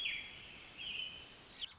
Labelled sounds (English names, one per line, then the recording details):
American Robin
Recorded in Sonoma County, California